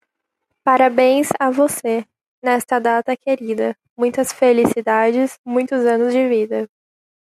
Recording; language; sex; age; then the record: short text; Brazilian Portuguese; female; 18 to 19 years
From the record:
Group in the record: control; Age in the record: 19 years